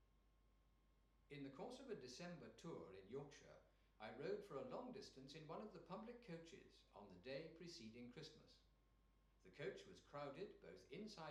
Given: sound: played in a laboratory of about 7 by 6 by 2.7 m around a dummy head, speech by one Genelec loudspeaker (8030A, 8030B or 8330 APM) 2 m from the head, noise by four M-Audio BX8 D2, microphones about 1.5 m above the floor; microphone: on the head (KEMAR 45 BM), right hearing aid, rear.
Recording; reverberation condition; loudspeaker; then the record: male speech in English; medium; 120 degrees to the right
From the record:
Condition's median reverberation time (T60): about 510 ms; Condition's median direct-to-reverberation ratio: about -0.5 dB